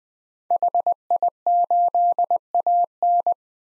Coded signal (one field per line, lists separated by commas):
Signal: Morse code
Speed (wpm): 21 wpm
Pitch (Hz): 700 Hz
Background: none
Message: HI8AN